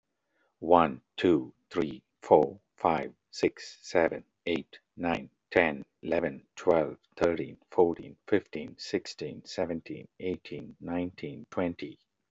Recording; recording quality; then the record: counting at a normal pace; excellent, no background noise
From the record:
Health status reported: healthy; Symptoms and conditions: diabetes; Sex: male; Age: 50 years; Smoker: not ticked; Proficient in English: yes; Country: United States